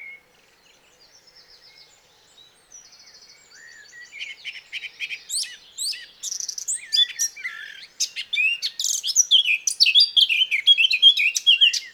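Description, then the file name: Eurasian blackcap starting with quiet, hesitant chatter that gradually swells into a loud, rich, fast warble of varied chirps and whistles. "Sylvia atricapilla"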